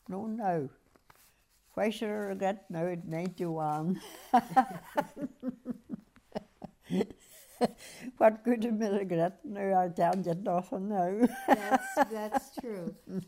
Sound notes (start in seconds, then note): 3.9 she laughs; 11.2 she laughs